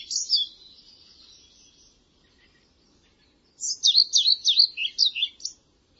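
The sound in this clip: Bird song: a short chirp and thin trill, a pause, then a lively series of nine or so high, swooping notes.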